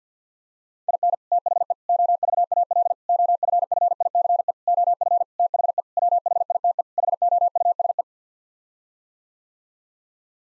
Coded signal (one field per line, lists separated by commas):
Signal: Morse code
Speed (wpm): 50 wpm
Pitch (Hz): 700 Hz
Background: none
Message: IN THE OVAL OFFICE OF THE WHITE HOUSE